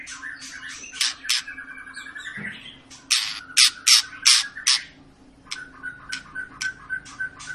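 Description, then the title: White-rumped shama song with harsh squawky bursts and sharp notes over a steady low hum, followed by a quick repeated series of short clipped whistles. Long lure song of an energetic, frequently singing bird, used to prompt other shamas to sing. "Pancingan Murai Batu Gacor Panjang"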